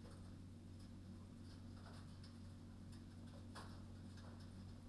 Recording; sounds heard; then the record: poultry house recording; no chicken sound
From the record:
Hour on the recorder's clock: 22